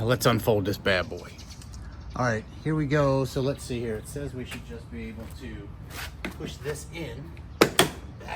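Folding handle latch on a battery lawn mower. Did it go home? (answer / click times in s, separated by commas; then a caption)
yes / 7.6 s, 7.8 s. The folding handle latch on a new Ego 56V battery-powered lawn mower is pushed in while the mower is unfolded, as the manual says, while someone talks. Two sharp mechanical clicks sound at 7.6 s and 7.8 s as the latch locks in place.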